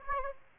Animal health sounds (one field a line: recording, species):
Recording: mosquito wingbeat signal from an infrared sensor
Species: Aedes aegypti